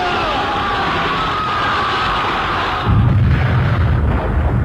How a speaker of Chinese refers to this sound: 随着游击队的一阵枪声，匪军大乱。